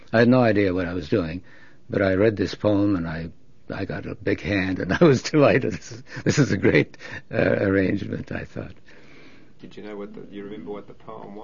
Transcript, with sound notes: I had no idea what I was doing, but I read this poem, and I got a big hand, and I was delighted. ( he laughs ) This is a great arrangement, I thought.
Did you know what the, do you remember what the poem was?